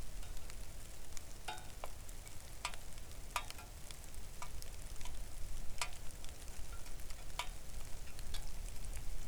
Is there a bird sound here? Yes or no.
no